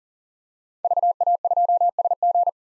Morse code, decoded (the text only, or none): VA2SG